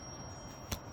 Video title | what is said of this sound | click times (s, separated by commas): Problem solving 101 | all the way until it clicks and then it doesn't move | 0.7 s